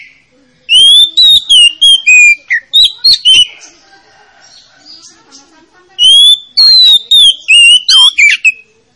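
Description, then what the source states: Oriental magpie-robin pouring out two long bursts of fast, varied whistles and chirps, separated by a quieter stretch. Lure to make a reluctant magpie-robin (kacer) that is lazy to sing start singing.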